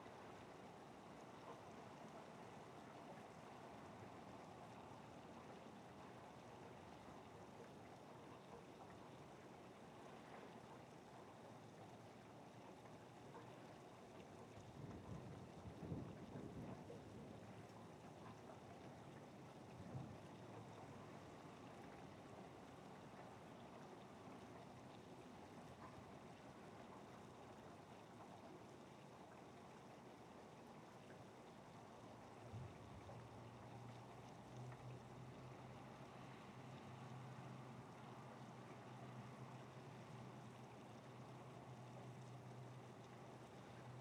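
Harbor waves wash steadily under a dense, even hiss, with the low drone of ferry traffic. A heavier rumbling swell comes around 15 seconds and a brief knock at 20. From about 32 seconds a deeper engine hum settles in beneath the water.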